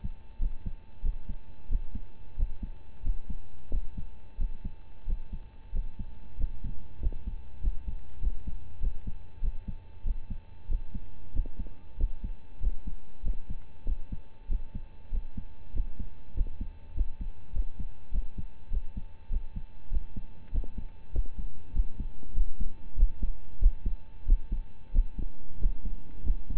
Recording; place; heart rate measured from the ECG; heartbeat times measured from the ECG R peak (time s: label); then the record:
heart sounds by stethoscope; between the tricuspid and mitral areas; 95 bpm
0.38 s: heartbeat
1.02 s: heartbeat
1.68 s: heartbeat
2.35 s: heartbeat
3.02 s: heartbeat
3.70 s: heartbeat
4.37 s: heartbeat
5.05 s: heartbeat
5.72 s: heartbeat
6.36 s: heartbeat
6.99 s: heartbeat
7.60 s: heartbeat
8.19 s: heartbeat
8.79 s: heartbeat
9.40 s: heartbeat
10.03 s: heartbeat
10.67 s: heartbeat
11.32 s: heartbeat
11.96 s: heartbeat
12.59 s: heartbeat
13.22 s: heartbeat
13.85 s: heartbeat
14.47 s: heartbeat
15.10 s: heartbeat
15.72 s: heartbeat
16.33 s: heartbeat
16.93 s: heartbeat
17.52 s: heartbeat
18.11 s: heartbeat
18.69 s: heartbeat
19.29 s: heartbeat
19.89 s: heartbeat
20.51 s: heartbeat
21.11 s: heartbeat
21.72 s: heartbeat
22.33 s: heartbeat
22.95 s: heartbeat
23.58 s: heartbeat
24.25 s: heartbeat
24.91 s: heartbeat
25.58 s: heartbeat
26.22 s: heartbeat
From the record:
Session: rest, lying down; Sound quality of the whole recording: partially saturated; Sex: male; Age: 25 years